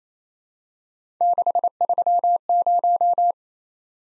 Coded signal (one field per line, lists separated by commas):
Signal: Morse code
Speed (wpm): 27 wpm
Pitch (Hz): 700 Hz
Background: none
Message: 630